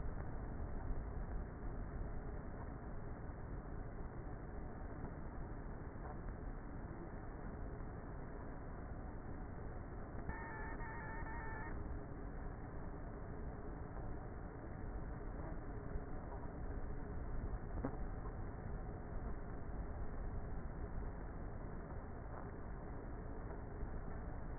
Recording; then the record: honeybee colony, microphone inside the hive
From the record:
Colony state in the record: queenless with a low population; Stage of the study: before two queens were removed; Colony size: about 30,000 bees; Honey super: no